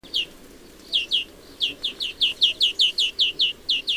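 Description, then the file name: European greenfinch calls, a series of short downslurred chirps given in quick succession, with brief pauses between groups. "Chloris chloris"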